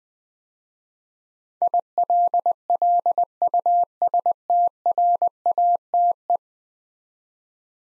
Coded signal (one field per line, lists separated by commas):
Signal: Morse code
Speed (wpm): 20 wpm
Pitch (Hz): 700 Hz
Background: none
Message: ILLUSTRATE